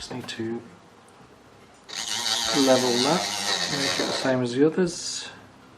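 A faceted gemstone is handled at a metal claw setting while the cut is adjusted to sit level with the others. Someone talks over a steady high-pitched whirring noise from about 1.9 to 4.2 s and a shorter burst near 5 s. Nothing has seated or clicked yet.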